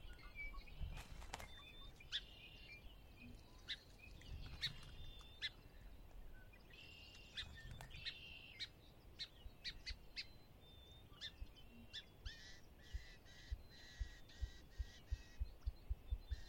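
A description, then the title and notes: Birds call over a chilly spring dawn at Conner's Lake, with chirps and whistled notes scattered through the whole clip. Sharp clicks and taps come now and then, growing into a quick regular ticking near the end, over a steady low rumble. Conner's Lake, chilly Spring dawn. Sinlahekin Wildlife Area. The temperature was chilly, barely above freezing, but the birds were abundant.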